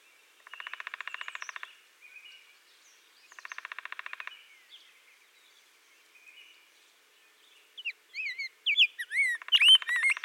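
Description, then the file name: Rose-breasted grosbeak's warbled whistles come in near the end, after two bursts of fast, dry pulsing and soft faint chirps. "Pheucticus ludovicianus - Rose-breasted Grosbeak"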